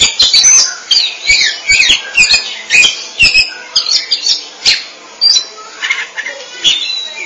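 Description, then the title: Oriental magpie-robin song, busy stream of whistled, warbled and harsh notes, interrupted by sharp clicks. Chirping song (kicauan) of the bird. "Suara Kicauan Burung Kacer Durasi Panjang"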